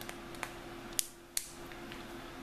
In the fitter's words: You can actually hear it click when it opens.